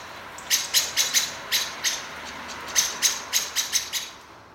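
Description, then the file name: Common blackbird uttering sharp, clicking chink notes in two quick runs of about six each, over a faint steady background hiss. "Turdus merula"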